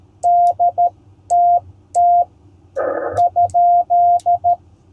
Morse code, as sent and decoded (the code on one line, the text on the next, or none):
-.. - - / ..--..
DTT ?